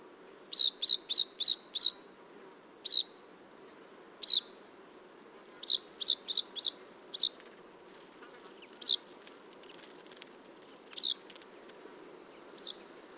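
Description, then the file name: Common chaffinch with a rapid burst of five sharp high calls, then scattered single notes and short clusters that grow fainter toward the end. "Fringilla coelebs"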